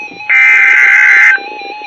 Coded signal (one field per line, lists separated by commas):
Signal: Emergency Alert System (SAME) tones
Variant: header bursts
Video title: EAS 11